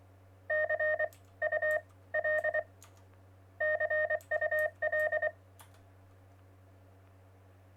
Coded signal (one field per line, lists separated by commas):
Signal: Morse code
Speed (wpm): 24 wpm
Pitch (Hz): 620 Hz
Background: none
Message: CUL CUL